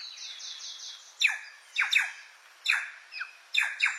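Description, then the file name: Plush-crested jay calls: loud, harsh descending notes given singly or in pairs, after an opening run of thin high chattering notes. "canto da gralha picaca"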